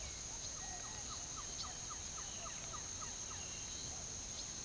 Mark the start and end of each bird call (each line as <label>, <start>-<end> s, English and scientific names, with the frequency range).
Cinereous Tinamou (Crypturellus cinereus) (1.8-2.3 kHz), 0.58-1.06 s
Green-backed Trogon (Trogon viridis) (0.9-1.9 kHz), 0.60-3.35 s